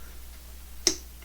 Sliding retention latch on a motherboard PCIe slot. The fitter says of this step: if you can hear that it'll lock into place lock um